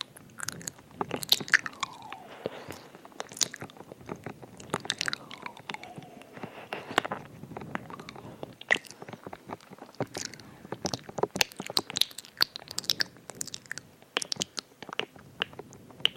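Wet mouth sounds of eating, with dense, irregular clicks, smacks and crunchy chewing throughout, plus occasional sliding squishy swishes early on.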